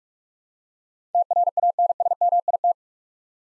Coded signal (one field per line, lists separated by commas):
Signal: Morse code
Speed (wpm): 45 wpm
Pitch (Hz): 700 Hz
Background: none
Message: TRANSMIT